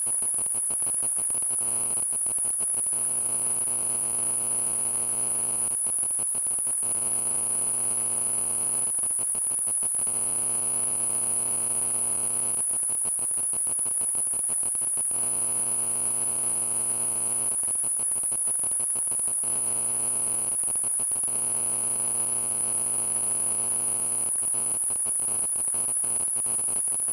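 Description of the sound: Steady high-pitched ringing with an intermittent low buzzing layer that comes and goes, simulating tinnitus as a sufferer hears it.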